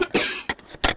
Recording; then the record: coughing mixed with background sound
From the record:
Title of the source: 64 coughing, allergies, singing lungs